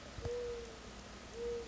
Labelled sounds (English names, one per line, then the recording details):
Mourning Dove
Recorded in Sonoma County, California